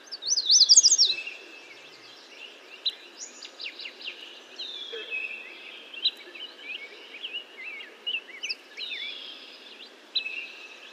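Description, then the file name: American yellow warbler song: one short, bright burst of quick high notes at the start, then scattered soft chirps and whistles. "American Yellow Warbler Setophaga aestiva"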